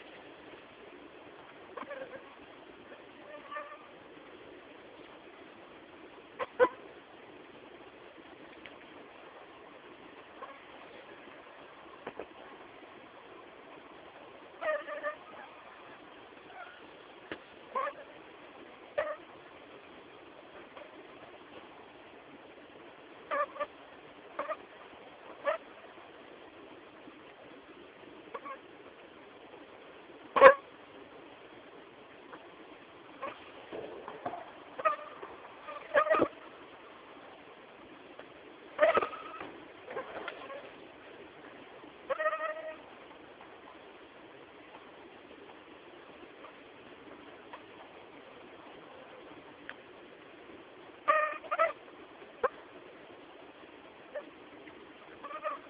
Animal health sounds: mosquito flight sound by mobile phone; Anopheles stephensi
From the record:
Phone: Samsung T209

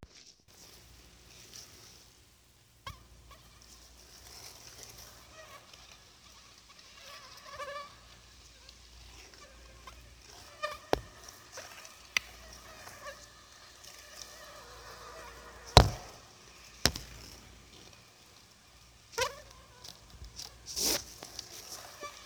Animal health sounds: mosquito flight sound by mobile phone; Anopheles gambiae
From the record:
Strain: Akron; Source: CDC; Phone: Sony Xperia

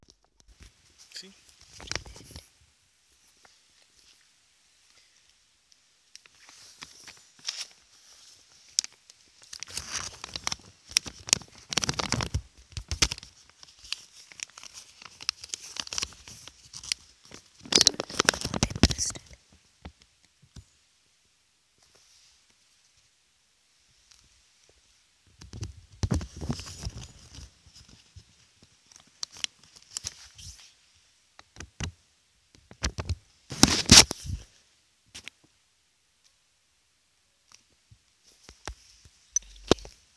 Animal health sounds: mosquito flight sound by mobile phone; Aedes sierrensis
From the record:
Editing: field recording with all noises

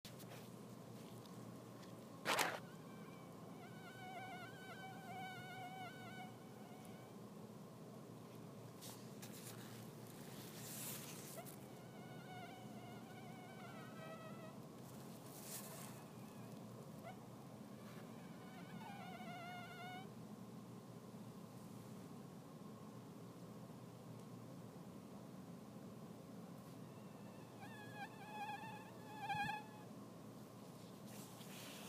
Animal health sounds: mosquito flight sound by mobile phone; Anopheles dirus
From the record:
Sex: male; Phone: iPhone 6

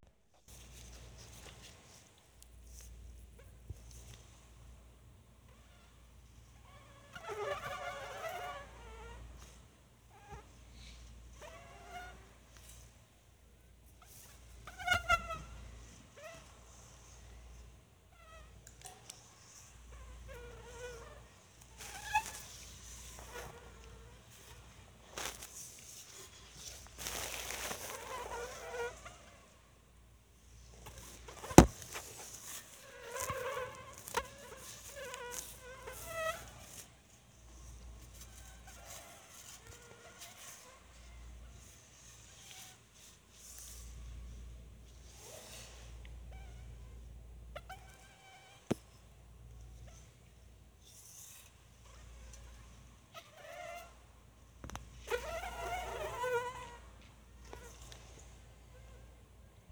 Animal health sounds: mosquito flight sound by mobile phone; Anopheles dirus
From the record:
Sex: mixed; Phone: Sony Xperia

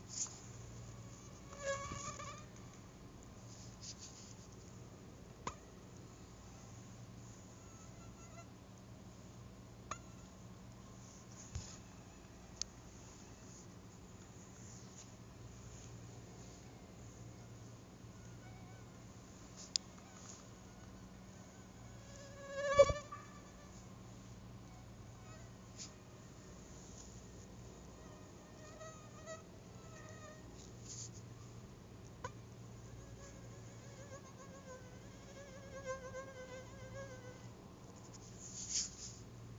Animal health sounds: mosquito flight sound by mobile phone; Anopheles stephensi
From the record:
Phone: Google Nexus

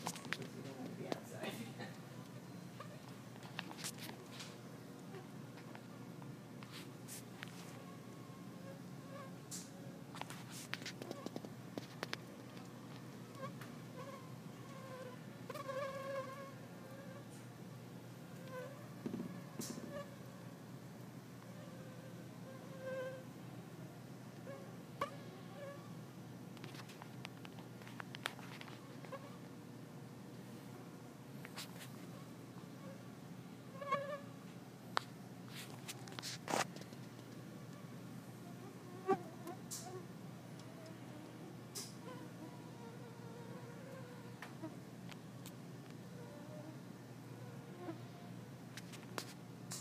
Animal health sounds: mosquito flight sound by mobile phone; Culex pipiens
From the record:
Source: SanMateoVCD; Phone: iPhone 4S

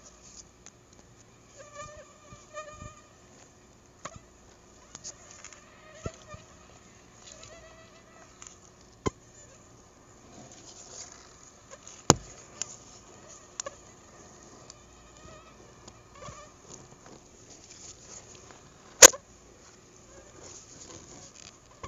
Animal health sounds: mosquito flight sound by mobile phone; Anopheles gambiae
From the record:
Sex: female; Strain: Akron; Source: CDC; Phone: Google Nexus

